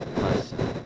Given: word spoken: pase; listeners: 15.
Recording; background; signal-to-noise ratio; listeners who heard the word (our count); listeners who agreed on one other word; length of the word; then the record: one Spanish word in noise, from a listening test; noise modulated by three-talker babble; -7.1 dB; 0 of 15; 7 of 15; 0.46 s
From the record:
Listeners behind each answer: 7, 6, 2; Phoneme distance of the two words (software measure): 27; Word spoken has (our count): 2 syllables, 4 phonemes, stress on syllable 1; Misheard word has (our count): 2 syllables, 5 phonemes, stress on syllable 1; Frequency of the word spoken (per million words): 38.86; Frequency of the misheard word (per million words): 20.32